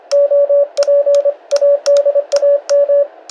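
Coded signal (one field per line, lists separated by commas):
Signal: Morse code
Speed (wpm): 24 wpm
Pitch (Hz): 570 Hz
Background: radio noise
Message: OP ADAM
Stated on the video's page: Short basic information exchange between a Polish and a Dutch station at 26 WPM on 7 MHz.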